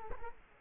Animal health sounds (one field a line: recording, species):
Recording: mosquito wingbeat signal from an infrared sensor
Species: Culex quinquefasciatus